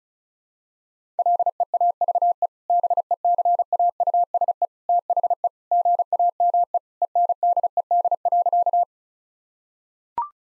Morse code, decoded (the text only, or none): LEAVE BECAUSE THE GAME ENDED.